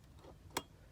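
A small adjustment screw, likely the pilot/mixture screw, is unscrewed with a flat screwdriver from the metal carburetor body of an Aprilia RS250 motorcycle. Against a quiet background, a single sharp, bright click sounds at 0.6 s as the screw comes fully out and is released.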